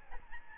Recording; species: mosquito wingbeat signal from an infrared sensor; Aedes albopictus